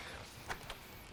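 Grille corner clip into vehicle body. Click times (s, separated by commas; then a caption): 0.7 s. A grille corner on a 2020 Jeep Wrangler JL Sport is pressed home during a halo LED headlight installation, and its plastic clip snaps into the vehicle body. Over low background noise, a short burst comes near 0.5 s, followed by a sharp snap at 0.7 s. The grille corner clip is seated.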